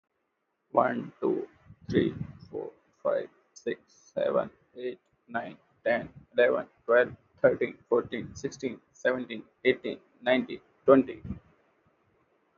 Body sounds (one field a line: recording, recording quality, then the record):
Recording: counting at a normal pace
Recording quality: excellent, no background noise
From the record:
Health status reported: respiratory illness, not identified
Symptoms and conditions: asthma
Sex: male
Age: 23 years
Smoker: not ticked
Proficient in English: yes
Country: India